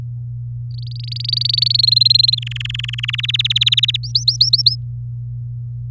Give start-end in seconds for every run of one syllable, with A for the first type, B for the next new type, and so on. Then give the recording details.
0.71-1.81 A, 1.83-2.35 B, 2.37-3.21 C, 3.23-3.96 D, 4.03-4.75 E. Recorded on 4 May 2018 at 05:48. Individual llb16